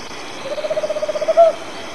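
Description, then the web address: Tropical Screech-Owl song: a quick purring trill of many soft hoots at even pitch, ending in one louder, longer accented note, over faint background hiss. Argentina. "cantos alilicucu"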